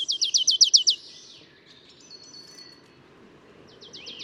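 Marsh tit calls: a rapid chattering series of several high notes, followed by faint thin notes and another brief quick series.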